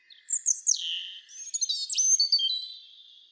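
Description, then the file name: European robin song: a rapid, varied run of high thin whistles, trills and sharp downslurred notes, with no other sounds. "Erithacus rubecula"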